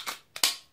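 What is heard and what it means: A release button is pressed on a Nikon MB-D15 camera battery grip, and the plastic battery cartridge clicks out of the grip. Two sharp, loud clicks are heard at 0.4 s and 0.4 s, the second one louder, and the cartridge is released.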